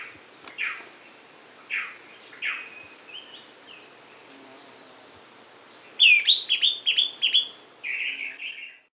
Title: LuckyPassaro Completos2Sama. Greenish Schiffornis (Schiffornis virescens)